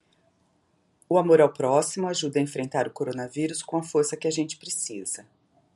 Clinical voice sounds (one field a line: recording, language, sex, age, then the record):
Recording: spoken sentence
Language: Brazilian Portuguese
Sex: male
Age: 50 to 59 years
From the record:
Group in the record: control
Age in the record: 56 years